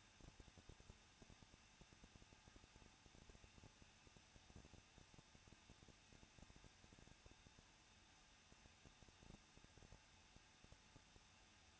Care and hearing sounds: daily activity, microphone in the room; no activity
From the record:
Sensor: 2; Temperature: 21.0 degrees Celsius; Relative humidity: 37.5%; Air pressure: 1006.3 hPa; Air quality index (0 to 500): 222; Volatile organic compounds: 24 ppm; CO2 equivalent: 2823 ppm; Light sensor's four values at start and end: 2/3/2/2 and 2/3/2/2

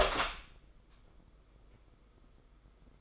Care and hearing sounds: daily activity, microphone in the room; open door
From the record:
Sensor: 5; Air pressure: 990.6 hPa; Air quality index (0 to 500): 153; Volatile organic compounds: 184 ppm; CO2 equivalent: 4159 ppm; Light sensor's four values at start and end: 26/61/25/28 and 26/63/26/28

